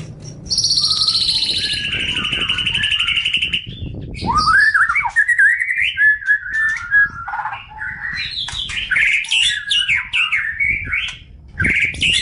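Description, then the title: Oriental magpie-robin song opening with a high buzzy trill, then a rising whistled sweep and a string of varied warbled and chirped phrases. "Kicau Kacer"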